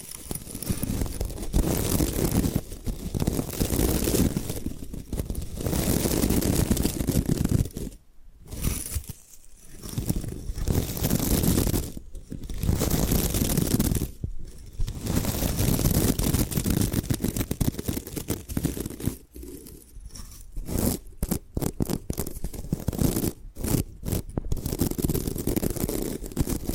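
Bamboo being scratched and brushed in long, dense, rasping strokes that fill the sound almost without a break. Short silent gaps near 8, 12 and 14 seconds interrupt it, and after about 20 seconds the strokes come as quicker, choppier bursts with frequent brief pauses.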